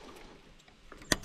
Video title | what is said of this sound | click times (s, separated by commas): 2010 Jeep Grand Cherokee 5.7L Camshaft Position Sensor Replacement CEL codes P0016 P0014 | it is! Now I heard that click, satisfying little clickity click. | 1.1 s